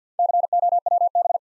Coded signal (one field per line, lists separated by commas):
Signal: Morse code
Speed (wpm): 50 wpm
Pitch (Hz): 700 Hz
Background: none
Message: COWB